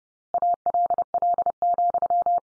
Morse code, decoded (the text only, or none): ALL,